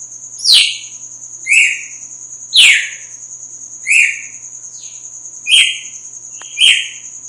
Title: Canto Galo Campina Fêmea 02. GALO DE CAMPINA AÇOITA FORTE NA MADRUGADA DEPOIS DA MUDA